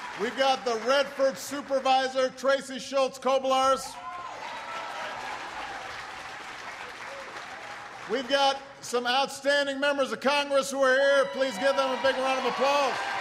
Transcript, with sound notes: We’ve got the Redford Supervisor -- Tracey Schultz Kobylarz. (Applause.) We’ve got some outstanding members of Congress who are here -- please give them a big round of applause.